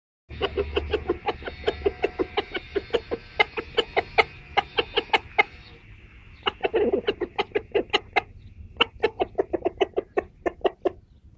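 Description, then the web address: Chicken: rooster sounding a long run of quick, repeated clucks, with a brief broad squawk near the middle, over a faint hum. Rooster calling the hens. "como el gallo convoca a las gallinas"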